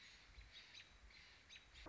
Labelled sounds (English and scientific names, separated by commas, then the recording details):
American Robin (Turdus migratorius)
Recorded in Sonoma County, California